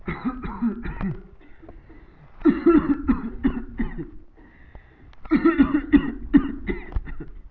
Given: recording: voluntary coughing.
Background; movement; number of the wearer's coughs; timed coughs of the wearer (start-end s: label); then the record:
a bystander coughing; sitting; 14
0.05-0.42 s: cough
0.42-0.79 s: cough
0.79-1.21 s: cough
2.42-2.73 s: cough
2.73-3.06 s: cough
3.06-3.41 s: cough
3.41-3.74 s: cough
3.77-4.08 s: cough
5.24-5.54 s: cough
5.54-5.90 s: cough
5.90-6.31 s: cough
6.31-6.65 s: cough
6.65-7.03 s: cough
7.03-7.35 s: cough
From the record:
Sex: male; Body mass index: 21.0 kg/m2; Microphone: on the chest, facing the body